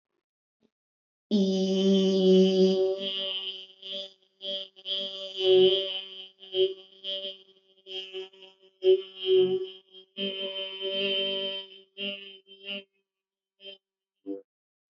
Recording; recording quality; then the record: sustained vowel as in beet; excellent, no background noise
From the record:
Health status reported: healthy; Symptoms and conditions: none ticked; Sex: female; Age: 31 years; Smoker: not ticked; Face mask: not worn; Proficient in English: yes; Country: India